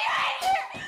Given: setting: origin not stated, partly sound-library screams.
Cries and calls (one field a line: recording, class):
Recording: one-second piece from a danger detection set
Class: woman in danger